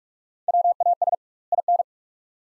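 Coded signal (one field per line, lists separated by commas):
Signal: Morse code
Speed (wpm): 43 wpm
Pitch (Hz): 700 Hz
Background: none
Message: WAS IN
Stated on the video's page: Morse practice of two-word sets at 45 wpm with 2x word spacing, a Farnsworth-like method; sent, spoken, then resent.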